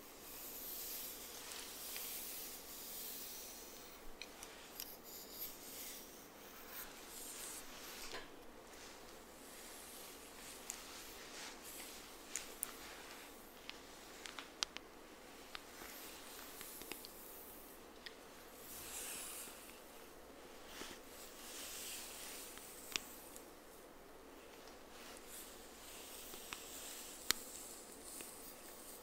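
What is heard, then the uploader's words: Hair brushing: a steady, hissing stroke of bristles sweeping through hair, swelling and fading in a loose, repeating rhythm. Small sharp ticks and snaps of bristles pop out now and then, more often in the second half, over a soft constant bed of rustle. ASMR Hair Brushing.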